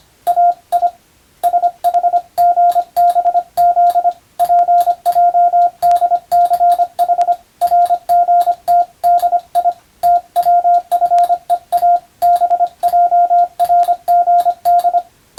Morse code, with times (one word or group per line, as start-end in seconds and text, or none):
0.3-0.9 AI
1.4-4.1 SHGBZ
4.4-7.3 PJDCH
7.6-8.8 RGT
9.0-9.7 DI
10.0-12.0 TWFEA
12.2-15.0 BJRGD